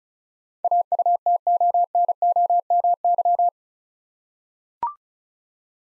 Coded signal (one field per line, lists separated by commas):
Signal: Morse code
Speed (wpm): 34 wpm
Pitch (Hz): 700 Hz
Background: none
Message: AUTONOMY